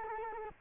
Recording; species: mosquito wingbeat signal from an infrared sensor; Culex quinquefasciatus